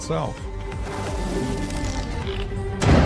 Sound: paper rips; book slams

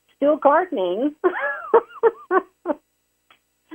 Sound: laughs

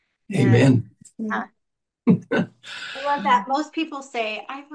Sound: laughs

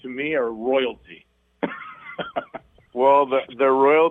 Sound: laughs

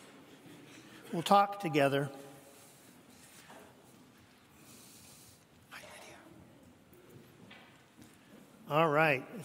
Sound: whispers

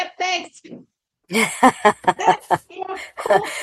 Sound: laughs

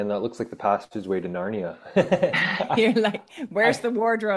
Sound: laughs

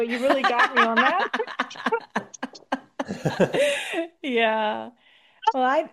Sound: laughs

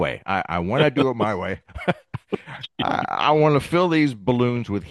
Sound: laughs

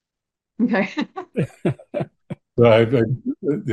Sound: laughs

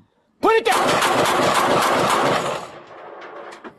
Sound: gunfire

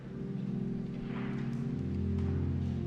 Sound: organ music; congregation claps

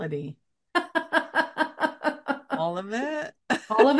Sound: laughs; laughs

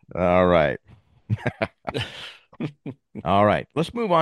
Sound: laughs

